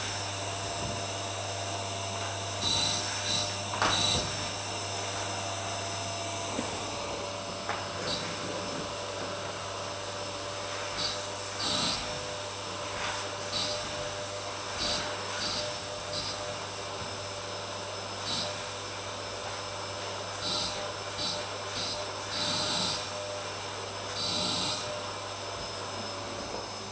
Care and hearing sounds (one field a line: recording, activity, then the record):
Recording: daily activity, microphone in the room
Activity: vacuum cleaning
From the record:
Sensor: 2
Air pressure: 999.9 hPa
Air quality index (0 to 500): 127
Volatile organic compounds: 2 ppm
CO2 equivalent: 1091 ppm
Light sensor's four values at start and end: 24/61/26/28 and 27/68/29/32